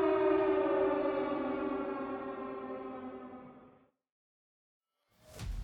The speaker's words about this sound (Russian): Словно в подтверждение его слов, на заводе истошно завыли сирены.